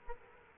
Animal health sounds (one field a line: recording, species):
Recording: mosquito wingbeat signal from an infrared sensor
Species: Culex quinquefasciatus